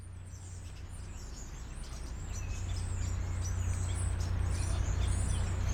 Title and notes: Parc Pierron, Molenbeek-Saint-Jean, Bruxelles-Capitale, Belgique - Starlings in plane trees. étourneaux